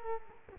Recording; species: mosquito wingbeat signal from an infrared sensor; Culex quinquefasciatus